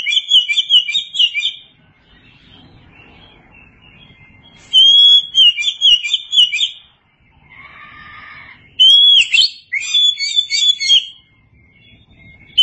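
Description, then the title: Oriental magpie-robin repeating warbled, whistled song phrases with brief pauses; a short buzzy, nasal note sounds between two of the phrases. Long-duration recording. "Kacer"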